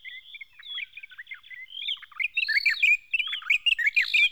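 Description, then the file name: White-browed robin-chat song: rich, varied whistled phrases with slurred and warbled notes, building louder and more complex toward the end. "Cossyphe d Heuglin Cossypha heuglini White-Browed robin-chat Weissbrauenrotel"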